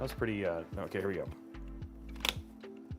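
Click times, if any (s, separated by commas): 2.3 s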